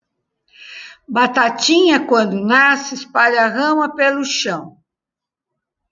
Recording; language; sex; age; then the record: short text; Brazilian Portuguese; female; 70 to 79 years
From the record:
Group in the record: control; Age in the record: 75 years